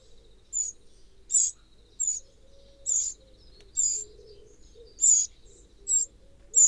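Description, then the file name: Eurasian wren giving several sharp, high tick notes, spaced unevenly, with quiet background noise. "Troglodytes troglodytes"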